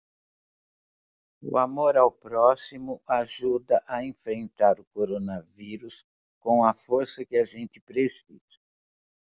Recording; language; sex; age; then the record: spoken sentence; Brazilian Portuguese; female; 70 to 79 years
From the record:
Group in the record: control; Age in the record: 70 years